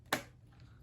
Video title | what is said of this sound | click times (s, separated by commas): FMS 1/12 Suzuki Jimny Crawler￼￼- Unboxing & first impressions- RC Cincy ￼ | so that's possible so let's you can hear this satisfying snap in the back | 0.1 s